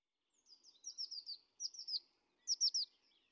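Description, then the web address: Eurasian blue tit calls: several quick bursts of high, thin chattering notes, each a rapid string of notes, in otherwise quiet surroundings. Recorded at midday. "Fontainebleau Demo. blue tit"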